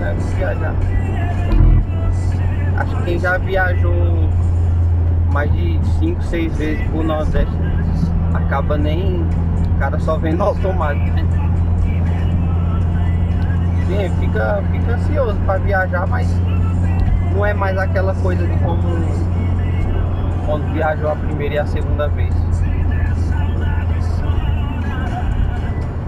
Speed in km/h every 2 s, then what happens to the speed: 105, 99, 96, 94, 89, 83, 77, 81, 88, 102, 98, 97, 94.
0-11 slows to 77. 15-18 speeds up to 102. 18-26 steady at about 97.